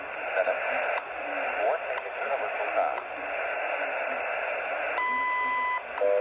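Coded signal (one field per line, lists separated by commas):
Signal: radio time signal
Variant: WWV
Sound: hissy shortwave with ticks each second, then a long steady beep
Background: radio static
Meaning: The 0.8-second 1000 Hz tone marks the start of a new minute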